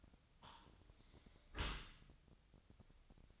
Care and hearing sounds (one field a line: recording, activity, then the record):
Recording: daily activity, microphone in the room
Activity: close dishwasher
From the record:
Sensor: 3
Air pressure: 1003.1 hPa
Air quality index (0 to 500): 196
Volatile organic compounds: 6 ppm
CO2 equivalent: 1911 ppm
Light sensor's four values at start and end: 33/83/35/38 and 33/83/36/38